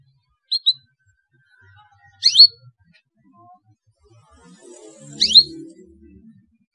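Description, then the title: Canary song phrases: a pair of short high chirps, then two high sweeping notes spaced about three seconds apart, with faint low noise near the end. Belgian canary song used to stimulate young canaries to sing. "Canto Para Esquentar Canário Belga. CUITAN KENARI MERANGSANG BUNYI KENARI PAUD. PANCINGAN KENARI AGAR GACOR"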